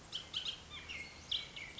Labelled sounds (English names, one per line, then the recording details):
Bullock's Oriole
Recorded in Sonoma County, California